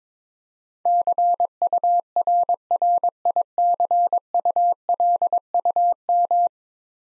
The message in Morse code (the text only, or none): CURRICULUM